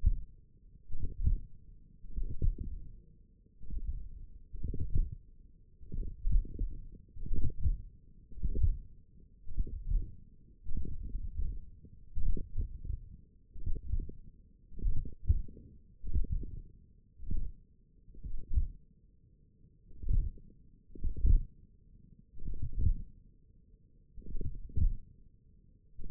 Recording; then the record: forearm muscle sounds (acoustic myography)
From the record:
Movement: tripod grip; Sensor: system 1, eight BSWA MPA416 microphones around the upper forearm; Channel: 3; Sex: male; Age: 42 years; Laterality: right